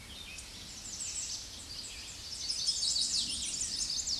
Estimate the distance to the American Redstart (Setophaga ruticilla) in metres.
about 40 m